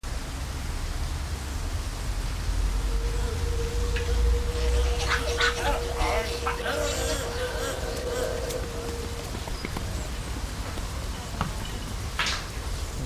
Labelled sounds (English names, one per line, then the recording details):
Gelada call
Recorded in captivity
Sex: group
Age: adult
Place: Tiergarten Wilhelma/Stuttgart, Baden-Württemberg, DE
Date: 1998-10-02 17:46
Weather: bedeckt, ca. 14°C
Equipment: Sony MD-WM MZ-R3, Sennheiser MKH 416 T, Kopie Uher 4000 Report Monitor
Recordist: Tembrock, Günter
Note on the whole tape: Gruppe: zuerst zwei Weibchen agonistisch, danach Gruppenrufen (Pfleger kommt)